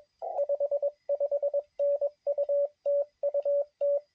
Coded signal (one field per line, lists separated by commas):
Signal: Morse code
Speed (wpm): 21 wpm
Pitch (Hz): 560 Hz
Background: radio noise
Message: 55N UT UT